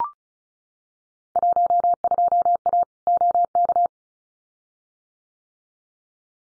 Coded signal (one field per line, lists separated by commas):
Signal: Morse code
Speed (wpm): 36 wpm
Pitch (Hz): 700 Hz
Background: none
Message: 12A OK